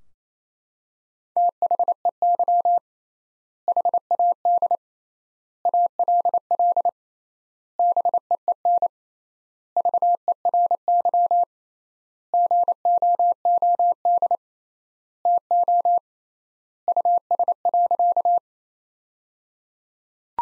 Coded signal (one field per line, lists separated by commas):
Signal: Morse code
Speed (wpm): 28 wpm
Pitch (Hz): 700 Hz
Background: none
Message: THEY HAD ALL BEEN VERY GOOD TO US.